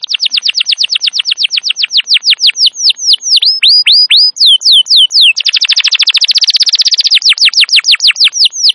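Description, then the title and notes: Canary song: long strings of sweeping downslurred whistles, slowing and speeding, then a very rapid buzzy trill and more descending whistles. Canary song described as long and very vigorous, used as a lure and master recording suited for training wild canaries. "Pikat Kenari GACOR PANJANG INI Cocok Untuk Masteran KENARI LIAR. Masteran burung kenari gacor parah"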